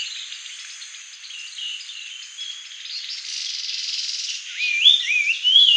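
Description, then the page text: Grey-headed babbler calls: thin high whistles and short chattering notes, ending with several sharp rising whistled phrases, over a steady hiss. "Grey-Headed Babbler Song and Calls - Quick Sounds"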